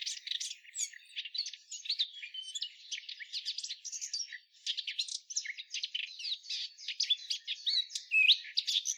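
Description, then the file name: Eurasian blackcap giving a continuous, fairly quiet scratchy warble of fast chattering notes with occasional short whistled slurs, no other sounds evident. "Sylvia atricapilla"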